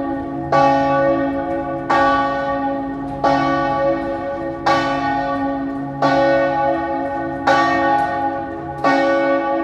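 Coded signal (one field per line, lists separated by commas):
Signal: bell signal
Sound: a large bell swinging, striking about every 1.4 seconds with a long ringing hum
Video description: Battiore delle 15:00 e distesa del campanone per la Passione di Cristo del Venerdì (dura 1 minuto).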